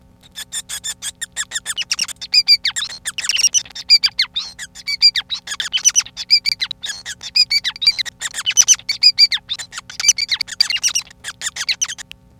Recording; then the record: song of a male Bengalese finch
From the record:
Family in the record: son of father 5